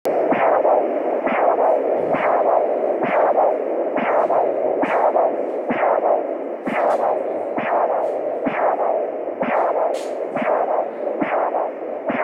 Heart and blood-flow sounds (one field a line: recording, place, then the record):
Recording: Doppler ultrasound of blood flow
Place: carotid artery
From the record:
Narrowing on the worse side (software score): occlusion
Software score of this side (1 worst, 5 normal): 1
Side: left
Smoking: current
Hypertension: yes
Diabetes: type 2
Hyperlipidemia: yes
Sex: male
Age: 63 years